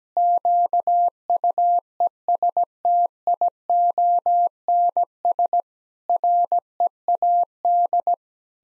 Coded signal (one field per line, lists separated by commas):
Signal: Morse code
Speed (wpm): 17 wpm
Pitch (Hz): 700 Hz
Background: none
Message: QUESTIONS READ